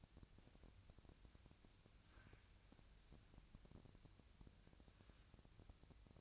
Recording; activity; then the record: daily activity, microphone in the room; wipe stove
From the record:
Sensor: 2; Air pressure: 1000.4 hPa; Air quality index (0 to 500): 168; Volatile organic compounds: 3 ppm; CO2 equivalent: 1397 ppm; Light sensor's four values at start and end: 11/27/12/12 and 11/27/12/12